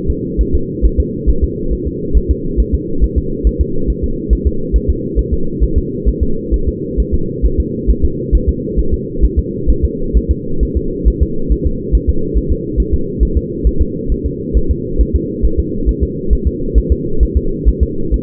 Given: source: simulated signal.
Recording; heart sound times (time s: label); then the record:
fetal heart sounds
0.10 s: S2
0.41 s: S1
0.55 s: S2
0.85 s: S1
1.00 s: S2
1.29 s: S1
1.44 s: S2
1.73 s: S1
1.88 s: S2
2.17 s: S1
2.31 s: S2
2.60 s: S1
2.74 s: S2
3.04 s: S1
3.18 s: S2
3.47 s: S1
3.61 s: S2
3.90 s: S1
4.04 s: S2
4.33 s: S1
4.47 s: S2
4.76 s: S1
4.90 s: S2
5.19 s: S1
5.33 s: S2
5.63 s: S1
5.78 s: S2
6.08 s: S1
6.23 s: S2
6.54 s: S1
6.68 s: S2
7.00 s: S1
7.14 s: S2
7.45 s: S1
7.60 s: S2
7.90 s: S1
8.05 s: S2
8.35 s: S1
8.49 s: S2
8.79 s: S1
8.94 s: S2
9.24 s: S1
9.39 s: S2
9.70 s: S1
9.85 s: S2
10.17 s: S1
10.31 s: S2
10.63 s: S1
10.77 s: S2
11.08 s: S1
11.22 s: S2
11.52 s: S1
11.67 s: S2
11.95 s: S1
12.09 s: S2
12.37 s: S1
12.52 s: S2
12.80 s: S1
12.94 s: S2
13.23 s: S1
13.37 s: S2
13.67 s: S1
13.82 s: S2
14.12 s: S1
14.26 s: S2
14.57 s: S1
14.71 s: S2
15.01 s: S1
15.16 s: S2
15.45 s: S1
15.60 s: S2
15.89 s: S1
16.03 s: S2
16.33 s: S1
16.47 s: S2
16.78 s: S1
16.92 s: S2
17.23 s: S1
17.37 s: S2
17.68 s: S1
17.83 s: S2
18.14 s: S1
From the record:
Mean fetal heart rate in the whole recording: 135 bpm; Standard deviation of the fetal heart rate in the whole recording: 3 bpm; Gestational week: 34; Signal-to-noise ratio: -8.1 dB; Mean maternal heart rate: 72 bpm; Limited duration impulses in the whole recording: absent